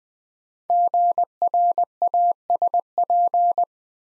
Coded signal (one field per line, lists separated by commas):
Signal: Morse code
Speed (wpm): 20 wpm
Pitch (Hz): 700 Hz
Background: none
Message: GRASP